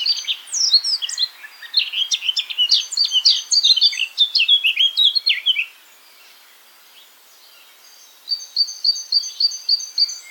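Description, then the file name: Eurasian blackcap singing a rapid, chattering warble of sliding notes for about five seconds, then a pause and a series of quick repeated high notes. "Sylvia atricapilla"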